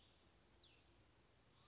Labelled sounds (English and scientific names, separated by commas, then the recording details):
Cassin's Vireo (Vireo cassinii)
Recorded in Sonoma County, California